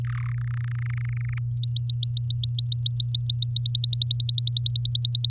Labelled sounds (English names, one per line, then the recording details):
Domestic Canary song
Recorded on 8 May 2018 at 19:44
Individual llb16